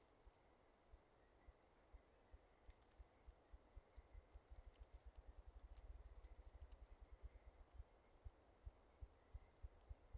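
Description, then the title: Ruffed grouse drumming: widely spaced deep thumps quicken into a fast, throbbing whirr near the middle, then continue as steady low beats, with faint high ticks behind. Male drumming to declare territory and availability in mating season, in North America; often confused with a distant generator thumping. "Ruffed Grouse - Bonasa umbellus - male drumming"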